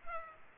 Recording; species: mosquito wingbeat signal from an infrared sensor; Culex pipiens